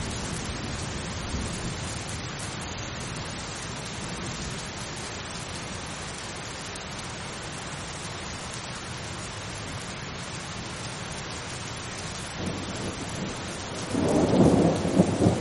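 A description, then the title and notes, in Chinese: Steady, dense rain hisses evenly throughout, with a low rumbling undertone, and a louder, heavier surge of sound arrives near the end. 雷雨声：平静的雨。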